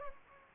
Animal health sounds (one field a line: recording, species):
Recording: mosquito wingbeat signal from an infrared sensor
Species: Anopheles gambiae